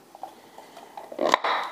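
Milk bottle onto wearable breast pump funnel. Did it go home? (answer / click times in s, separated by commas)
yes / 1.3 s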